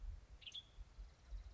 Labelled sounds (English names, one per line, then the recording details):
Western Tanager
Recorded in Sonoma County, California